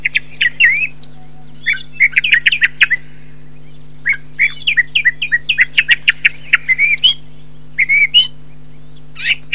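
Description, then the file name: Thrush calls in quick bursts of short chirps and downslurred notes, with thin high ticks above; a steady low hum runs underneath throughout. "TORDO"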